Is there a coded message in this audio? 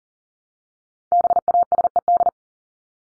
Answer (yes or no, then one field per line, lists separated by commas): yes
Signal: Morse code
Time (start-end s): 1.1-2.3 s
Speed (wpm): 37 wpm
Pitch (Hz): 700 Hz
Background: none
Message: BASED